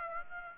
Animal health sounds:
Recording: mosquito wingbeat signal from an infrared sensor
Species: Aedes aegypti

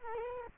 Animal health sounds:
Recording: mosquito wingbeat signal from an infrared sensor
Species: Culex quinquefasciatus

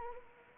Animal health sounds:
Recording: mosquito wingbeat signal from an infrared sensor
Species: Anopheles arabiensis

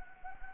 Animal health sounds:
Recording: mosquito wingbeat signal from an infrared sensor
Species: Anopheles gambiae

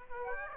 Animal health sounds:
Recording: mosquito wingbeat signal from an infrared sensor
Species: Aedes aegypti

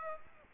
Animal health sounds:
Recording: mosquito wingbeat signal from an infrared sensor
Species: Aedes aegypti

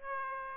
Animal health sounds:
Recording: mosquito wingbeat signal from an infrared sensor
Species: Aedes aegypti

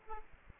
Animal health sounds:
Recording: mosquito wingbeat signal from an infrared sensor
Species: Aedes aegypti

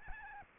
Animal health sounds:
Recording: mosquito wingbeat signal from an infrared sensor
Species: Aedes albopictus

